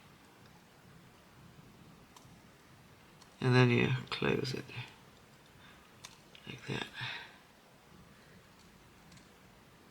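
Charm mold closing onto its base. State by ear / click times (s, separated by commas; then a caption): not seated / none. A charm-making mold is handled and pressed toward its base over a small heart charm, with faint clicks and handling noises while someone talks. The mold has not snapped shut or seated on its base yet by the end of the clip.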